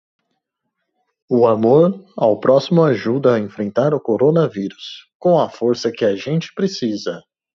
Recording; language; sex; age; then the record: spoken sentence; Brazilian Portuguese; male; 20 to 29 years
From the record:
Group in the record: control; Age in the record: 29 years